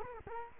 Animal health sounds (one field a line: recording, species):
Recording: mosquito wingbeat signal from an infrared sensor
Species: Culex quinquefasciatus